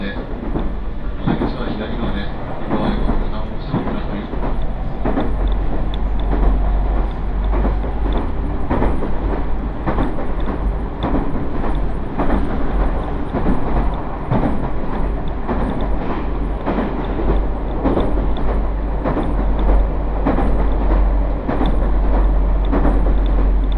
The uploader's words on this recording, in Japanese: 耳で楽しむ鉄道旅 飯田線 三河槇原→新城。